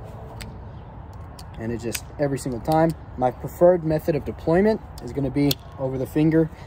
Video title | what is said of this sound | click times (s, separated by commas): Today, I review the Peña X Series Dogleg. | the action it's on bearings so good you can hear it click there it is | 0.4 s